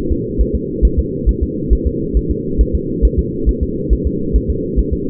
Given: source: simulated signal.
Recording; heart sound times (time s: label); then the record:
fetal heart sounds
0.12 s: S2
0.41 s: S1
0.55 s: S2
0.85 s: S1
0.99 s: S2
1.29 s: S1
1.43 s: S2
1.73 s: S1
1.87 s: S2
2.17 s: S1
2.31 s: S2
2.61 s: S1
2.75 s: S2
3.05 s: S1
3.19 s: S2
3.49 s: S1
3.63 s: S2
3.93 s: S1
4.07 s: S2
4.36 s: S1
4.50 s: S2
4.79 s: S1
4.93 s: S2
From the record:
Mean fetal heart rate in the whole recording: 140 bpm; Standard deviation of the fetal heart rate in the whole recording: 2 bpm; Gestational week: 34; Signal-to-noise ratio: -6.6 dB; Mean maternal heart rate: 72 bpm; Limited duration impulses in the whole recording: present